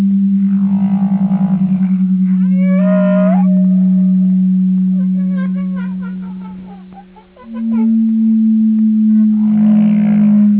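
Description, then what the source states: Whale calls: a long harmonic moan, then upswept whoops, a burst of short pulsed chirps, and a final moan, over a continuous low drone. Whale sonar.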